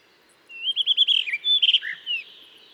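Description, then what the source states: Blue rock thrush song, a rich warbled phrase of rolling whistles ending with a lower slurred note and a soft trailing whistle. In a cliff at Dentelles de Montmirail, 12 March 2020, 7:25; sings all morning to mark territory, changing perches; Nagra Seven, Telinga Pro7.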